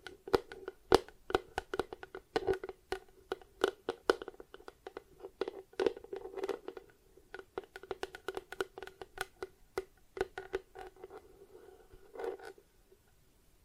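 Plastic objects tap and scratch in an irregular run of sharp clicks, several per second, some louder knocks standing out near the start and around six seconds. A steady mid-pitched ringing tone sits under the taps throughout, with brief scraping passages between them.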